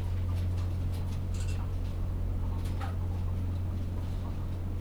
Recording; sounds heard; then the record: poultry house recording; sick chickens (respiratory disease)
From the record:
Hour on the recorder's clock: 16